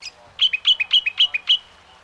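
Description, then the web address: Brown honeyeater call: a quick run of bright whistled notes, each a higher note dropping to a lower one, repeated several times. "Sound Effects-Foundation 1 BIRD BROWN HONEY EATER CALL"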